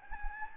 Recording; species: mosquito wingbeat signal from an infrared sensor; Anopheles gambiae